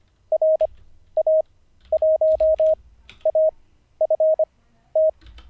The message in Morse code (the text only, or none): RA1AFT